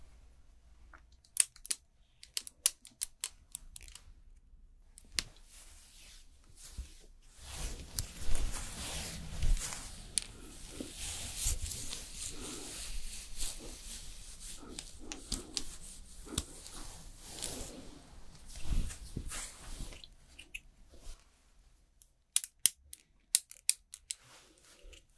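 Makeup and hair styling sounds: a few sharp clicks and taps open the clip, then from about seven to twenty seconds a dense, continuous brushing and rubbing takes over with louder strokes. Near the end it thins back to scattered clicks and snips.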